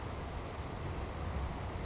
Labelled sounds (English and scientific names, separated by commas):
Savannah Sparrow (Passerculus sandwichensis)